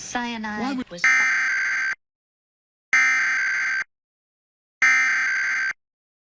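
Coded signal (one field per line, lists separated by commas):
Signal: Emergency Alert System (SAME) tones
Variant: header bursts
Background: speech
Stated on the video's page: Required monthly EAS tests from New Jersey and Pennsylvania, received off air.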